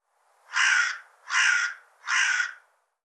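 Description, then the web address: Bird calling with three harsh, raspy caws in steady succession, each about half a second long, with no other sounds. "cianscape birddata Deverinetal 2025 File cleaned normalized Bird"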